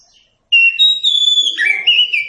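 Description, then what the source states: Oriental magpie-robin song: after a brief silence, long pure whistles glide into a tumbling series of slurred, warbling notes. Song recording (masteran) used to train captive songbirds.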